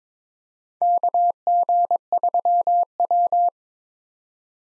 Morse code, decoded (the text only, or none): KG3W